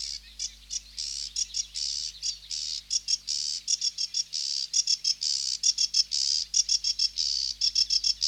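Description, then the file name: Sedge warbler song: a steady, scratchy chatter of harsh notes and short buzzes, uninterrupted for the whole stretch. "Sedge Warbler (Acrocephalus schoenobaenus)"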